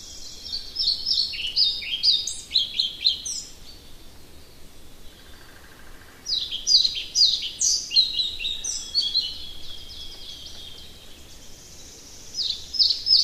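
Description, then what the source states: Pied flycatcher song: two bright, high phrases of quick sweet chirps, each about three seconds, with a third phrase starting at the end over a soft background hiss. Spring.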